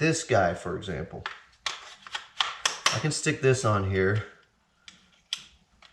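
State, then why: Seated. Someone talks while pushing a plastic/metal accessory jig onto the base of a loose-tenon joinery machine, with a few light handling knocks along the way. At 5.3 s a sharp click sounds as the jig snaps into place and is seated.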